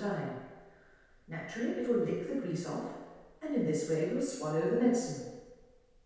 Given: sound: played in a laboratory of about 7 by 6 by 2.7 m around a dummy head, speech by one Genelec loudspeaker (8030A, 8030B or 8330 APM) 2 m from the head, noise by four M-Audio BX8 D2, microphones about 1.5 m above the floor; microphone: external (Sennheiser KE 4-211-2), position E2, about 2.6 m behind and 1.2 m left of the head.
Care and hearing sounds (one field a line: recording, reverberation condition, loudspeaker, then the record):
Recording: female speech in English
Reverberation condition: high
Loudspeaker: 30 degrees to the left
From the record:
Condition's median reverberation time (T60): about 1300 ms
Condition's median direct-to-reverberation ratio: about -4.0 dB